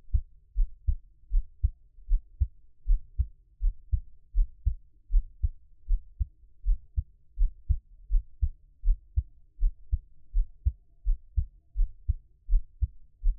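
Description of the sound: Steady, soft low thumps in lub-dub pairs at about 80 beats a minute, with an even rhythm and a quiet background, with no talking. This is a normal adult heartbeat, the person's own, heard close up as Taiwanese ASMR.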